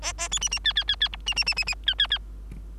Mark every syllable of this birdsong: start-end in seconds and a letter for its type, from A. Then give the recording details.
0.02-0.13 A, 0.18-0.28 A, 0.31-0.40 B, 0.41-0.49 C, 0.51-0.59 C, 0.64-0.73 D, 0.76-0.84 D, 0.88-0.96 D, 1.00-1.08 D, 1.12-1.17 E, 1.26-1.34 C, 1.36-1.44 C, 1.46-1.54 C, 1.56-1.64 C, 1.66-1.75 C, 1.86-1.94 D, 1.98-2.07 D, 2.10-2.18 D. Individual Bird3